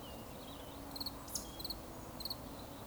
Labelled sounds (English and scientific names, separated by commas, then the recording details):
Eurasian Woodcock (Scolopax rusticola) whistle
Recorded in Baden-Württemberg, Germany, on 11 June 2020 at 20:08 UTC
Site 24578, 122 m above sea level